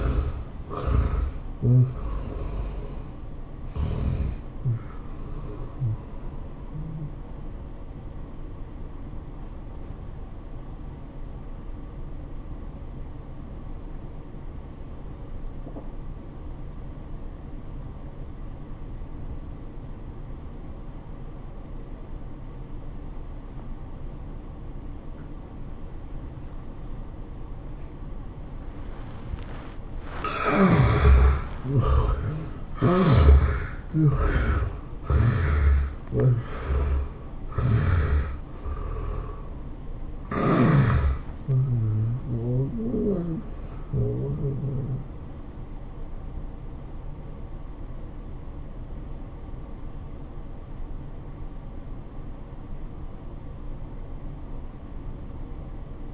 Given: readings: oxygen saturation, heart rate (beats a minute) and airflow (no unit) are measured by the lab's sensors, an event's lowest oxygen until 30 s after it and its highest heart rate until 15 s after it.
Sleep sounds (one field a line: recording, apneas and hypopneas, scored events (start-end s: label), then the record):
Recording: a person awake in a sleep study, by a smartphone at the bedside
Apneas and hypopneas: 1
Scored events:
2.00-32.00 s: new sleep stage, awake
4.00-33.00 s: awake
10.00-31.80 s: obstructive apnea (scored as awake, oxygen 95% highest, then 75% lowest, heart rate 95 at the start, 104 highest)
32.00-56.14 s: new sleep stage, N1 (lightest sleep)
From the record:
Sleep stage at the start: N1 (lightest sleep)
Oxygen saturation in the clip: 73 to 97%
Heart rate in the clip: 79 to 108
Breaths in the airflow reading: 6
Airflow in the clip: -11.8 to 11.6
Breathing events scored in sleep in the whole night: 403 in 5.5 hours asleep